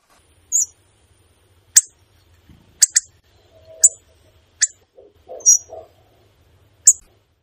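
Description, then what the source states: Hawfinch calls: sharp, very high clicking ticks, several of them spaced irregularly over several seconds, with a few softer, lower notes between them. Hungary's largest finch; comes to feeders in winter, positioning itself so others cannot get in.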